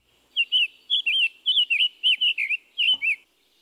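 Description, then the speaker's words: Summer Tanager song: a steady series of short, slurred warbled phrases in one burst of about three seconds. Male song with a sing-song rhythm, less burry than the Scarlet Tanager's; more southerly species. "Here once more are the song and call notes of the summer tanager."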